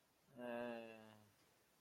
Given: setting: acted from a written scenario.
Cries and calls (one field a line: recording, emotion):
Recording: vocal sound without words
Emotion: embarrassment